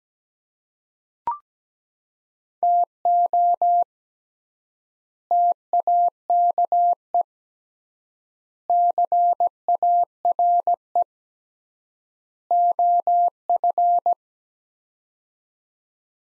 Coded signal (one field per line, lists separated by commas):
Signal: Morse code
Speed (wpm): 17 wpm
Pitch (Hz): 700 Hz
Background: none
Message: TO TAKE CARE OF